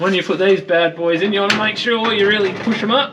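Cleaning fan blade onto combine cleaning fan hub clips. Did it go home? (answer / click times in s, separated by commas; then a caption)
no / none. A replacement blade is being handled on the cleaning fan of a John Deere 9770 combine, going onto the fan hub's mounting clips, where it has to be pushed up hard to click into place. Someone talks throughout. The blade has not seated or clicked yet.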